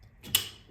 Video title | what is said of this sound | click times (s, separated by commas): Nerden çıktı bu Dyson? Dyson’ın hikayesi ve harika akıllı lambası Solarcycle Morph’un kutu açılımı | hastalanmamızı şöyle şu tarafa alalım kilitlendiğinde | 0.3 s